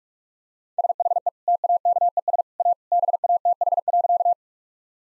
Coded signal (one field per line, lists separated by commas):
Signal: Morse code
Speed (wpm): 41 wpm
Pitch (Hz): 700 Hz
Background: none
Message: SHE TAKES A BATH.